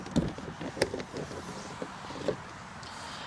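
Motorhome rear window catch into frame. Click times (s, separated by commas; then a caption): 0.8 s. A rear hinged plastic window on a Swift Select 122 motorhome is pushed all the way out and back in on its ratchet stay, then secured with its window catch into the frame. Sharp plastic clicks sound over a steady low background, with the loudest click at 0.8 s and softer knocks around 0.2, 1.0 and 2.3 s. The window catch locks shut.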